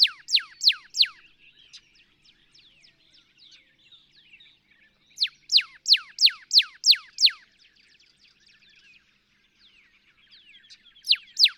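Northern cardinal singing runs of several clear, steeply slurred whistles, with faint twittering between the runs.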